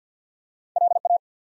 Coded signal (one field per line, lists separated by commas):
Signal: Morse code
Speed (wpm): 50 wpm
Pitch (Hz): 700 Hz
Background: none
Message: LA